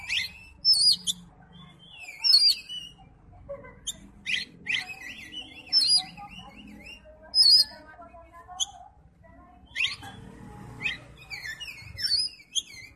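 Oriental magpie-robin repeating a bright whistled phrase several times at uneven intervals amid varied chirps and trills, over a soft low background hum.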